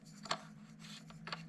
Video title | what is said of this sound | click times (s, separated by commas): Surefire SOCOM 762TI FDE Suppressor--WOW! | until it snaps in place and then righty tighty and | 1.3 s